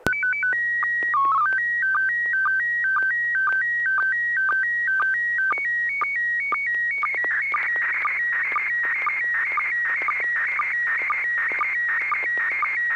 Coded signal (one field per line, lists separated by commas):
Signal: SSTV (slow-scan television)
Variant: PD 120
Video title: N6NA SSTV Net - 08/31/2022